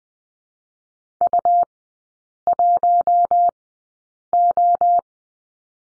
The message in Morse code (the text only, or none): U1O